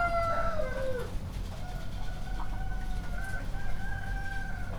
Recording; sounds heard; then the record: poultry house recording; healthy chickens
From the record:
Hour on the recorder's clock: 1